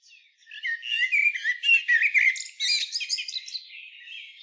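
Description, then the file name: Common blackbird chattering in one continuous run of rapid, squeaky and scratchy high notes that swell in the middle and fade toward the end. "Turdus merula"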